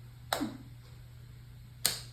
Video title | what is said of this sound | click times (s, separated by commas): How to don/doff knee immobilizer and TLSO (thoracic-lumbar-sacral orthosis) brace. | Now There it's it is. snapped. Okay, You have to hear that good snap. there you go. That one snapped. | 0.3 s, 1.9 s